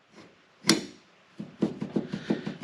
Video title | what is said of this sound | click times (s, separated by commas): Subaru Legacy Outback Front & Rear Wiper Blade Replacement Step-by-step Fat Guy Builds | and you're going to take putting it on is easier you're just going to slide it in and you're going to listen for a click and | 0.7 s